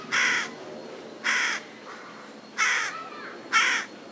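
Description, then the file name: Carrion crow calling four harsh caws spaced about a second apart, each a short rasping burst. "Corvus corone"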